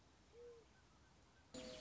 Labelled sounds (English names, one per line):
Mourning Dove